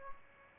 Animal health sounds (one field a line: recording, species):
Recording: mosquito wingbeat signal from an infrared sensor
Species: Aedes albopictus